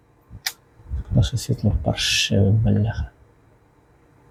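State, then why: Seated. A small saw blade is pressed into a hidden recess in a tool's holder, and a sharp click at 0.5 s marks it locking into place. Someone then talks. The blade is seated and fixed in the holder.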